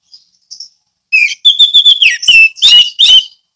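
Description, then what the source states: Orange-headed thrush starts with two faint high notes, then breaks into a loud, fast series of ringing whistles and chattering syllables. Song delivered in the ngeplong style.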